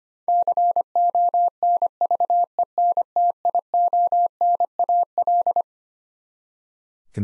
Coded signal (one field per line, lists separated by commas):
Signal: Morse code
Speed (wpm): 25 wpm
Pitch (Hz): 700 Hz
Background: none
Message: CONVENTIONAL